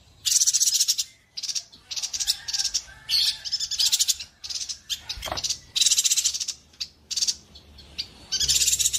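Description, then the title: Streaked spiderhunter giving a long run of rapid, grating chattered bursts, high and buzzy, coming in quick succession with brief gaps. Bird-tutoring (masteran) song of a vigorously singing bird, clear and long. "Pijantung Gunung Gacor Jernih Panjang"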